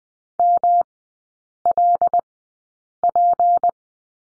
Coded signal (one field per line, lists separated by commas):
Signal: Morse code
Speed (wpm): 20 wpm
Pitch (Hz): 700 Hz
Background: none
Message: MLP